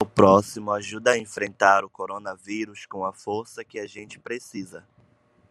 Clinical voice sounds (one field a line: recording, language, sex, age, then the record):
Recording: spoken sentence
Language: Brazilian Portuguese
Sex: male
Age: 30 to 39 years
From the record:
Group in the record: control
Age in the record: 30 years